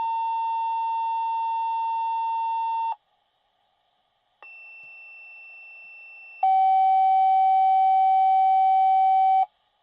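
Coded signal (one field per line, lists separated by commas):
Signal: pager alert tone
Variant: fire department dispatch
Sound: long steady buzzy tone, pause, thin high tone, then another long buzzy tone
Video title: Fire Department Dispatch Pager YOUTUBE SOUND Effect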